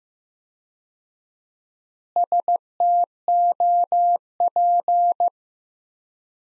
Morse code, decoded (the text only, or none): STOP